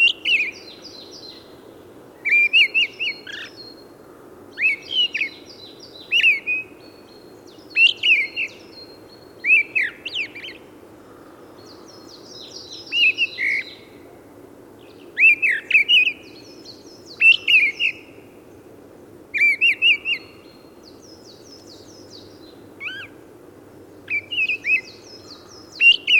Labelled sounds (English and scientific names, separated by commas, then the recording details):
Mistle Thrush (Turdus viscivorus) song
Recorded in the wild
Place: Hanshagen, Mecklenburg-Vorpommern, DE
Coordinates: 53.805, 11.149
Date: 1975-03-22
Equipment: Nagra III BH, Sennheiser MD 21, parabola
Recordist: Schubert, Michael
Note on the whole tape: Gesang Misteldrossel